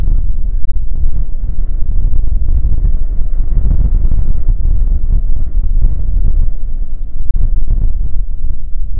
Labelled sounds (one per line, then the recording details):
waterfowl
wind
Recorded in the Prudhoe Bay oil fields, Alaska, on 15 May 2019 at 00:04
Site 19